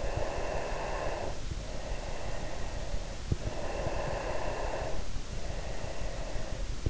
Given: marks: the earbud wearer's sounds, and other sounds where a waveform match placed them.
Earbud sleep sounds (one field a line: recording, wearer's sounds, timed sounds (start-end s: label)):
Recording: sounds in sleep by an in-ear microphone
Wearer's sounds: breath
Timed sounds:
0.08-3.20 s: breath
3.59-6.90 s: breath